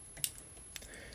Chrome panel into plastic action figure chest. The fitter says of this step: you can hear a snap as they go in